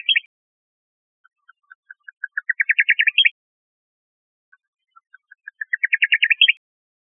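Bird giving a series of clear notes that start slow and soft, then speed up and rise in pitch into a fast trill ending on a higher note, heard twice.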